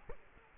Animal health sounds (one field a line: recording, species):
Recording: mosquito wingbeat signal from an infrared sensor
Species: Culex quinquefasciatus